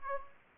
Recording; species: mosquito wingbeat signal from an infrared sensor; Anopheles gambiae